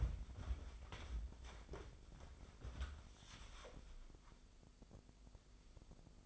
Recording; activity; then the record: daily activity, microphone in the room; wipe stove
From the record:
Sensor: 5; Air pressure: 996.2 hPa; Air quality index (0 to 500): 95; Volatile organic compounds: 5 ppm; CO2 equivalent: 1814 ppm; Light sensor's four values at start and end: 34/79/33/36 and 35/83/35/38